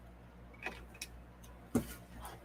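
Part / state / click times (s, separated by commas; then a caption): plastic building brick onto a model car / seated / 1.7 s. A plastic building piece is placed up onto a Mould King 10021/27020 "GhostBus" Ghostbusters Ecto-1 brick car model and pressed home. Light plastic ticks at about 0.7, 1.0 and 1.4 s are followed by a sharp, louder click at 1.8 s as the brick seats, over a steady low hum. The brick clicks into place.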